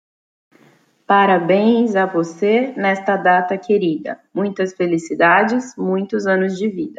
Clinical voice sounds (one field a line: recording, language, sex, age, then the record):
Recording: short text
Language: Brazilian Portuguese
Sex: female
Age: 30 to 39 years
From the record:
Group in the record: control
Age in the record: 36 years